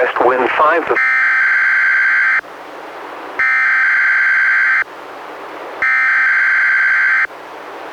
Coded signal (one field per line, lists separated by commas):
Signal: Emergency Alert System (SAME) tones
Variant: header bursts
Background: speech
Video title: EAS #111-112: 2 NWR Required Weekly Tests- May 18-25, 2016